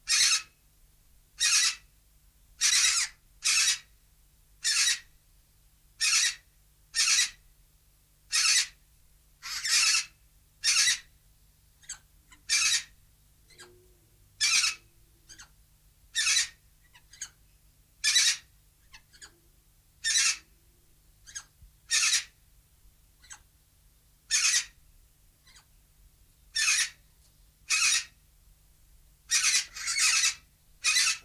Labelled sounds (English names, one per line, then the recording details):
Major Mitchell's Cockatoo call
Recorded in captivity
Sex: female
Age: adult
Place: Zoo Berlin, Berlin, DE
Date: 2007-03-30 15:15
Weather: sonnig, 17°C
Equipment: Sony WM-D6C, Sennheiser ME 80, Kopie Uher 4000 Report Monitor
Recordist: Tembrock, Günter